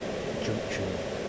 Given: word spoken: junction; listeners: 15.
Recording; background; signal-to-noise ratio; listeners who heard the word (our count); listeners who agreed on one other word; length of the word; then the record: one English word in noise, from a listening test; speech-shaped noise; -4.6 dB; 3 of 15; 7 of 15; 0.89 s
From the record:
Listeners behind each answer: 7, 3, 3, 1, 1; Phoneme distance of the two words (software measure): 20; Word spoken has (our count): 2 syllables, 6 phonemes, stress on syllable 1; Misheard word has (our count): 2 syllables, 6 phonemes, stress on syllable 1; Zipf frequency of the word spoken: 3.77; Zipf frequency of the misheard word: 2.65